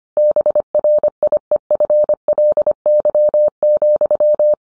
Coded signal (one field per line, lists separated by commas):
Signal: Morse code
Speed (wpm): 25 wpm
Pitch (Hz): 600 Hz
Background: none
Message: BRIEFLY,